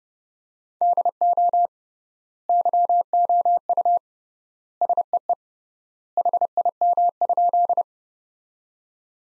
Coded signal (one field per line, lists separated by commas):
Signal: Morse code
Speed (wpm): 30 wpm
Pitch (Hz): 700 Hz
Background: none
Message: DO YOU SEE HIM?